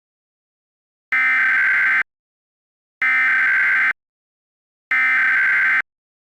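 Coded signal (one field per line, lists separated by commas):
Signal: Emergency Alert System (SAME) tones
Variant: header bursts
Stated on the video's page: Recreation of the 2023 National Periodic Test, possibly with valid alert tones.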